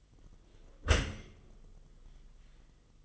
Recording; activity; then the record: daily activity, microphone in the room; close dishwasher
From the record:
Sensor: 4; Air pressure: 1005.6 hPa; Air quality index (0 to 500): 112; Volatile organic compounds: 3 ppm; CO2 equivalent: 1398 ppm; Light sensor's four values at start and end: 10/24/9/9 and 12/26/10/10